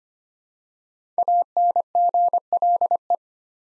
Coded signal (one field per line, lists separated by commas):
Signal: Morse code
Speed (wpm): 25 wpm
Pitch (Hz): 700 Hz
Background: none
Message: ANGLE